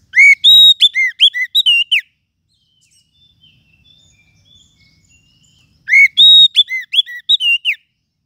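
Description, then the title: Lovebird calls: two bursts of shrill, whistled chirps with strong overtones, each burst about two seconds long, separated by roughly four seconds of near silence. Lovebird call used as a lure (pikat) to attract lovebirds. "PIKAT BURUNG LOVEBIRD"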